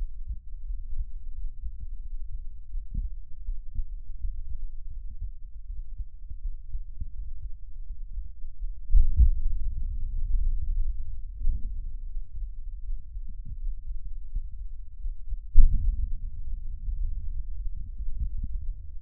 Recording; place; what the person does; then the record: lung sounds by stethoscope; right anterior apical chest; quiet breathing, then deep breathing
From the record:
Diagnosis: COPD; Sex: male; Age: 59 years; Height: 171 cm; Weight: 91.4 kg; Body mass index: 31.3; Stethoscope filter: bell mode